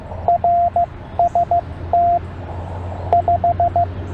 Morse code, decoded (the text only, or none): RST 5